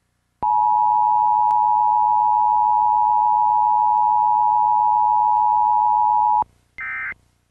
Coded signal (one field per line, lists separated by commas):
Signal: Emergency Alert System (SAME) tones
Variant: 853 and 960 Hz attention tone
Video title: Time Warner Cable (Middletown, Ohio) EAS Required Weekly Test (May 3, 2001)